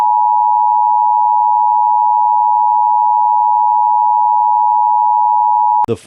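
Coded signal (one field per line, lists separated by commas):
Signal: Emergency Alert System (SAME) tones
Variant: 853 and 960 Hz attention tone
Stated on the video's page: Fictional EAS mock alert about SCP creatures on a rampage.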